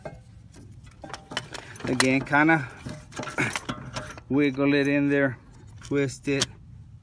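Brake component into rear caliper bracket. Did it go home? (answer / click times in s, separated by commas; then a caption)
no / none. A rear brake component on a BMW 535i is put back into the rear caliper bracket and twisted as someone talks, with light metallic clicks and rattles around 0.1 to 1.4 seconds. The clip ends before the component snaps into place, so nothing has seated yet.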